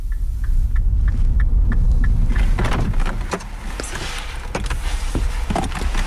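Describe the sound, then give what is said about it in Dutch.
Steady low rumble of a car interior, with a quick run of soft, evenly spaced ticks at first, then scattered clicks and rustling movements over the droning hum. No one speaks. “En we zitten nu in de auto.”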